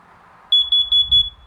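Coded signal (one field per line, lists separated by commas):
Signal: alarm pattern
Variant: carbon monoxide temporal-4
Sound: four quick high-pitched beeps in a row from a detector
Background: low room rumble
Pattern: 4 short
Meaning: Carbon monoxide is present in the home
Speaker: okay there it is that's that's the carbon monoxide one two three four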